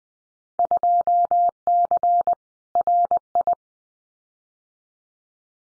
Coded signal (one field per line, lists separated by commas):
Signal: Morse code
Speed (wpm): 20 wpm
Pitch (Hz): 700 Hz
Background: none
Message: 2C RI